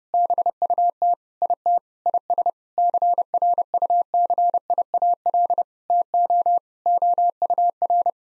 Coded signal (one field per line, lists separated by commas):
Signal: Morse code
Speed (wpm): 30 wpm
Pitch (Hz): 700 Hz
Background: none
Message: BUT IT IS CRUCIAL TO OUR